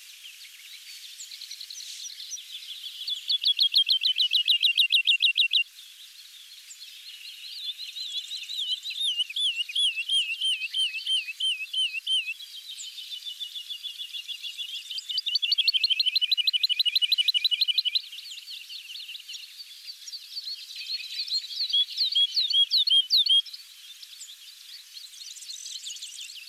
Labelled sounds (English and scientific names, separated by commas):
Wood Lark (Lullula arborea) song